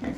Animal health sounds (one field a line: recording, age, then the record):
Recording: pig call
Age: growing-finishing pig (85 days or more)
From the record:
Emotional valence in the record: negative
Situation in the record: barren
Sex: male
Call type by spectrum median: low-frequency call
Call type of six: low-frequency stable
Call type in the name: low-frequency stable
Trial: 2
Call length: 0.18 s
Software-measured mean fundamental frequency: 49 Hz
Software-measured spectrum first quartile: 235 Hz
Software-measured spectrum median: 342 Hz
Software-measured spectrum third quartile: 886 Hz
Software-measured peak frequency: 259 Hz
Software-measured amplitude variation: 186 dB a second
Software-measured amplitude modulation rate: 22.3 a second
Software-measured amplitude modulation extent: 8.3 dB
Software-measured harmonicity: 4.1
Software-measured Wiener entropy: -0.94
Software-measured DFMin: 1062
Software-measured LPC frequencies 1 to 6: 1975, 3436, 4495, 5020, 6027, 6832 Hz